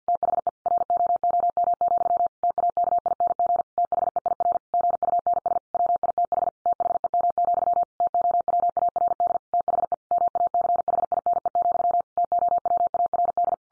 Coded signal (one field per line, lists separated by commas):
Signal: Morse code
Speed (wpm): 50 wpm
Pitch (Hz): 700 Hz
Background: none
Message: THE ROOM, TAKING THEIR GUNS WITH THEM, TOWARD THE MACHINE, TOWARD